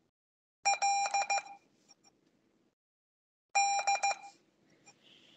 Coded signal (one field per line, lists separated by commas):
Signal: Morse code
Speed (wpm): 15 wpm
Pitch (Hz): 800 Hz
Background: none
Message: L D